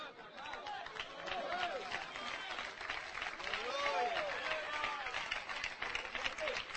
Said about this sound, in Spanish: Oiga, ese aplauso es para Donald Trump, ¿verdad, hermanos?